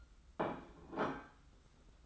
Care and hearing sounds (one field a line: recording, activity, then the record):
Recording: daily activity, microphone in the room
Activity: place plate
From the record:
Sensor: 3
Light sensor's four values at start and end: 26/79/33/29 and 25/78/32/28